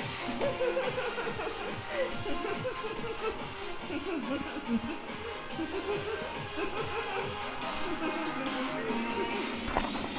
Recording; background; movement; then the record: laughter; music; walking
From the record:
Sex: female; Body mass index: 36.4 kg/m2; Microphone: on the chest, facing outward